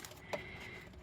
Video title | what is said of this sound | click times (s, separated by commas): 2004 Honda Odyssey Automatic Transmission Maintenance part 1 of 2 | black one they only go in one way make sure you hear a snap all right all | 0.0 s